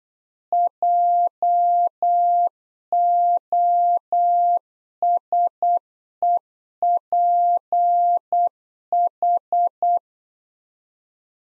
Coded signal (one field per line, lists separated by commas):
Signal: Morse code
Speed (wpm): 8 wpm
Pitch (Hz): 700 Hz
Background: none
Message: JOSEPH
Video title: Practice QSO - Exchange 1- Beginning - 8wpm